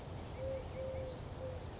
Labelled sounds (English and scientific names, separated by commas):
Eurasian Collared Dove (Streptopelia decaocto)